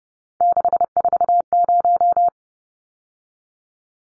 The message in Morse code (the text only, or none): 640